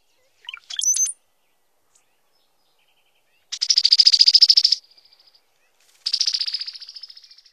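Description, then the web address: Brown-headed cowbird song: a short liquid gurgle rising into a very high whistle, followed by two long buzzy, rapidly pulsing trills, the second fading at the end. Bird of North America. "Songs of Birds of North America Stokes. Brown-headed Cowbird"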